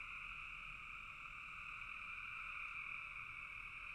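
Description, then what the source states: Dense frog chorus heard as one continuous whirring hum, even and unbroken for the whole short stretch. Frogs calling in a bog.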